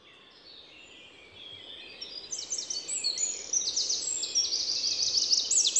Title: Envirhôna, Les Avenières Veyrins-Thuellin, France - Troglodyte mignon